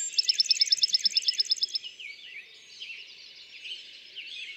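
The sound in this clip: Bachman's sparrow trill of about a dozen rapid, evenly spaced notes at the start, fading into a steady background of other birds calling.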